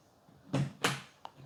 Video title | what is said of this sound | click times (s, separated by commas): Lungs cleansing tea feat. The Forge and Vortex from Pacifica | Okay, you hear the clip sound, then it is secure and we will move it over to the forge, the steamer. | 0.8 s